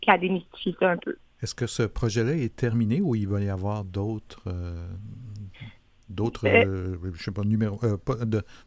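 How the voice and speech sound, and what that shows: Fluent, clear French conversational speech between adults: one speaker finishes a phrase, then another asks a question at an ordinary pace.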